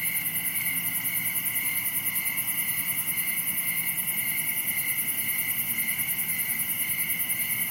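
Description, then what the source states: Crickets keep up a constant, steady pulsed chorus with a faint low rumble beneath. Recorded at night during summer in a wooded area, Dell Creek State Wildlife Area; crickets are the main sound.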